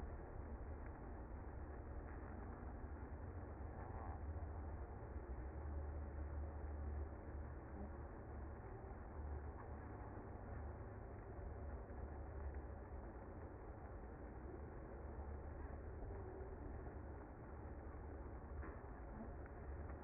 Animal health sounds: honeybee colony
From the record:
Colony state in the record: active

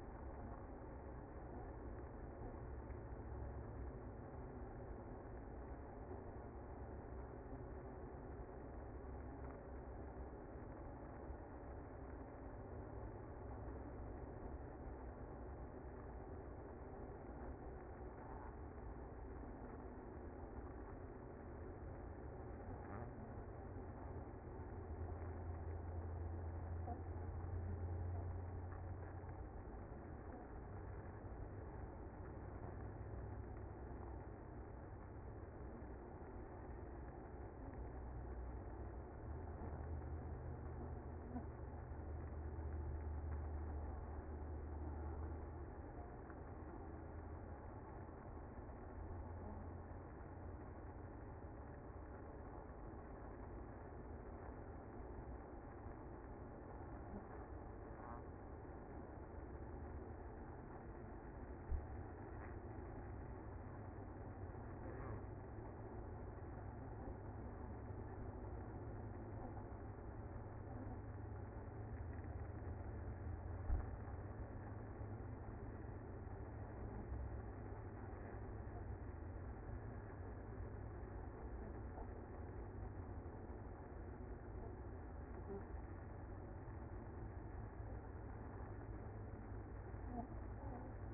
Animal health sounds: honeybee colony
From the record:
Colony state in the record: active

